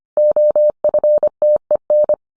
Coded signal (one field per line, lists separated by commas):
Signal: Morse code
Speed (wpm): 25 wpm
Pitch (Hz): 600 Hz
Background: none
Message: OFTEN